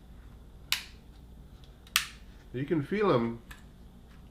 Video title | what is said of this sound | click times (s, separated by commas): Eachine E56 - A Hall of Fame Mini-Drone! - 4K | You can feel them click into place, so there's some tactile feel on these legs. | 0.7 s, 2.0 s